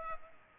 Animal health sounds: mosquito wingbeat signal from an infrared sensor; Culex pipiens

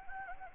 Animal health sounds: mosquito wingbeat signal from an infrared sensor; Anopheles gambiae

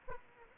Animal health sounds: mosquito wingbeat signal from an infrared sensor; Aedes aegypti

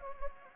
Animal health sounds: mosquito wingbeat signal from an infrared sensor; Anopheles gambiae

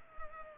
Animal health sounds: mosquito wingbeat signal from an infrared sensor; Culex pipiens

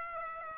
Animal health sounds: mosquito wingbeat signal from an infrared sensor; Aedes aegypti

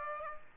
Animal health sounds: mosquito wingbeat signal from an infrared sensor; Aedes aegypti

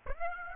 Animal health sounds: mosquito wingbeat signal from an infrared sensor; Aedes aegypti

